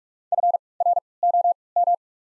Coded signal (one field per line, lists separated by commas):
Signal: Morse code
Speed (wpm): 46 wpm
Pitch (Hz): 700 Hz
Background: none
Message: F R O M